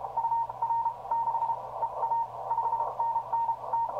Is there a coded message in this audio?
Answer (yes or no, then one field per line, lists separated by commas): yes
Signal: Morse code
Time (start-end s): 0.2-3.9 s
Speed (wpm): 33 wpm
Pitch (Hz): 920 Hz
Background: radio noise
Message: UR6EA 5NN T